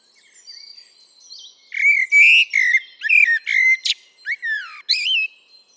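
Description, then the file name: Eurasian blackbird singing: faint high warbling, then a burst of rich mellow whistles mixed with sharp high squeaks and slurred notes. "Turdus merula"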